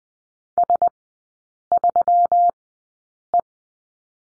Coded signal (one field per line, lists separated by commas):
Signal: Morse code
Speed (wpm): 20 wpm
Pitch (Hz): 700 Hz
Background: none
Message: S3E